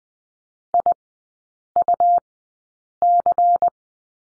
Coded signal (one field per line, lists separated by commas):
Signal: Morse code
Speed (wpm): 20 wpm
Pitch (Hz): 700 Hz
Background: none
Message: IUC